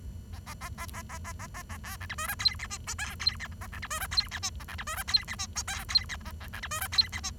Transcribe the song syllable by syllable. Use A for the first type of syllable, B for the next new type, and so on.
A A A A A A A A A A B C D E F G H I J K G H A C D E F G H I A C D E F G H I J K G H A A C D E F G H I